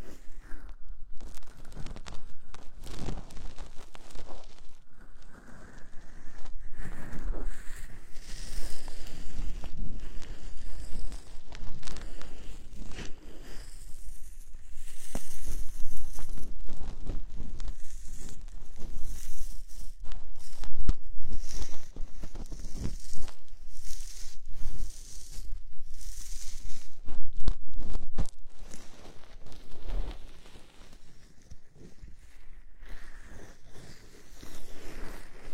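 Lace-gloved hands massage the ears in a continuous stream of scratchy, rustling friction. The texture is dense and grainy, with quick bursts of rubbing that swell louder through the middle and ease into softer strokes around 14 and 31 seconds.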